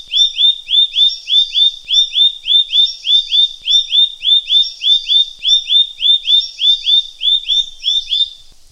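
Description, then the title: Green-backed tit delivering a long, steady series of ringing whistled notes, evenly paced. "Green-backed Tit (Parus monticolus)"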